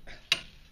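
A large torque wrench is tightened on the front wheel bearing axle nut of a 2006 Focus, with a faint low background before a single sharp, bright click at 0.3 s that quickly fades. The click confirms the wrench has reached its 200 foot-pound setting.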